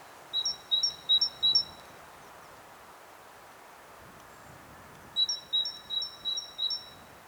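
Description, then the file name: Great tit: two bursts of ringing two-note phrases, four then five repetitions, separated by a pause of about three seconds, over soft hiss. "Parus major"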